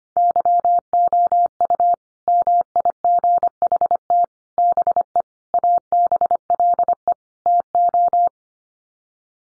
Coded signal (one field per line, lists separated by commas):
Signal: Morse code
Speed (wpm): 25 wpm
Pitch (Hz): 700 Hz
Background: none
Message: YOU MIGHT BE ABLE TO